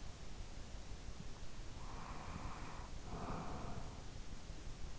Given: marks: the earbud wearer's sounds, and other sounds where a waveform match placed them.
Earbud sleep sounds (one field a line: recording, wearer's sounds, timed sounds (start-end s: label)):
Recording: sounds in sleep by an in-ear microphone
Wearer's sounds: breath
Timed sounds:
1.29-4.61 s: breath